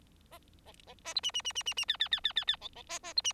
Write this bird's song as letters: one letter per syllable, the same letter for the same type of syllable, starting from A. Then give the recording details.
A B B A C D D D D D D E E E E E E B B A A C D. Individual Bird4